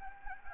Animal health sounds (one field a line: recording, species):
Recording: mosquito wingbeat signal from an infrared sensor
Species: Anopheles gambiae